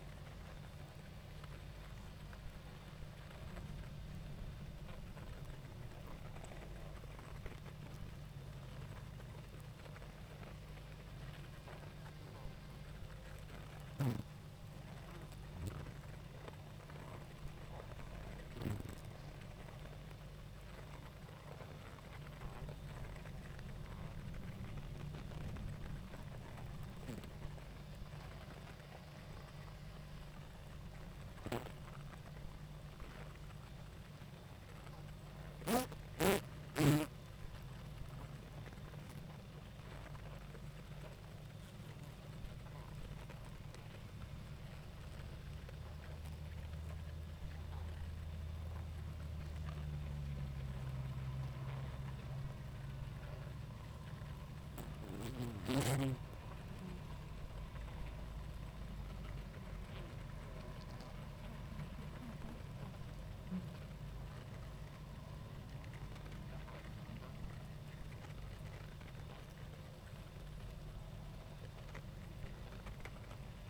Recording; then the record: honeybee colony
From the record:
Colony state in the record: active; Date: 28 July 2017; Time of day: 19:52